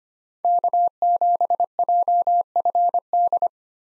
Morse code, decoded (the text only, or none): K7JFD